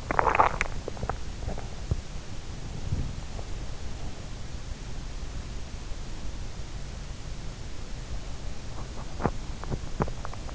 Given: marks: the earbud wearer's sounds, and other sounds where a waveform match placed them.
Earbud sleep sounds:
sounds in sleep by an in-ear microphone; swallowing, teeth grinding
0.00-1.24 s: swallowing
8.92-10.54 s: teeth grinding

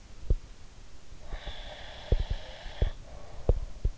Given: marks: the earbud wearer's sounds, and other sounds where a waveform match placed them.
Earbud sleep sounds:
sounds in sleep by an in-ear microphone; breath
0.00-0.40 s: sound from someone else or the room
1.25-3.97 s: sound from someone else or the room
1.25-3.75 s: breath

